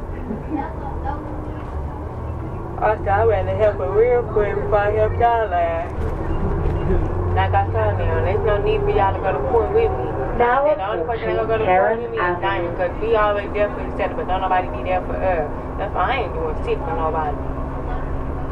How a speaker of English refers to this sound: Please hold on, bus will be in motion.